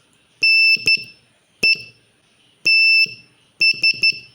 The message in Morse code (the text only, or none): NETS